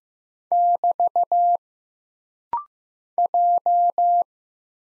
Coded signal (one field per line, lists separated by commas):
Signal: Morse code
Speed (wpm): 15 wpm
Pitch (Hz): 700 Hz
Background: none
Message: <BT> J